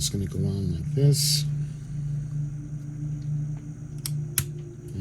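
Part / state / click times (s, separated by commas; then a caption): plastic backing piece going onto the bottom hull of a scale model ship / seated / 4.1 s, 4.4 s. Someone talks while a plastic backing section is pressed onto the bottom of the secondary hull of a FanHome scale model U.S.S. Enterprise D starship, over a steady low hum. Sharp clicks ring out at 4.1 s and 4.4 s as the piece snaps into place and is seated.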